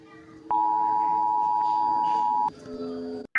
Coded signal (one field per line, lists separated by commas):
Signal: Emergency Alert System (SAME) tones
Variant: 853 and 960 Hz attention tone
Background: speech